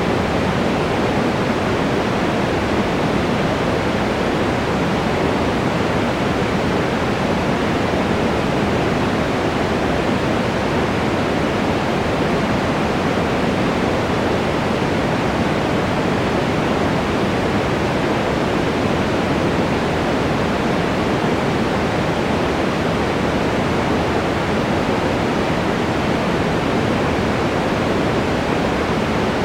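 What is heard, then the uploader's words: White noise plays without a break, a dense, even hiss that never changes in level or character across the whole clip. The sound leans toward a softer, deeper rush rather than a thin bright fizz, constant like a waterfall. WHITE NOISE.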